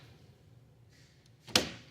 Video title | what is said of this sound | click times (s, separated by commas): Torque Test Review | and you'll hear the click where it actually jumps | 1.6 s